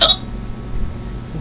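A single short, sharp hiccup from an adult after drinking sparkling water, heard right at the start as a sudden clipped gulp of sound, followed by about a second of quiet background hiss. One ordinary hiccup, an involuntary spasm of the diaphragm snapping the vocal cords shut.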